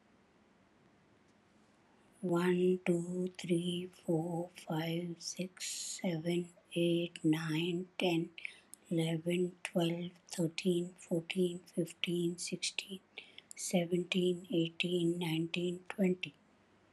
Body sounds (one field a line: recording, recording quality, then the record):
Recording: counting at a normal pace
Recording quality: excellent, no background noise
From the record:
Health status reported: healthy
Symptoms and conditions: none ticked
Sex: female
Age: 70 years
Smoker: not ticked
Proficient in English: yes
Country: India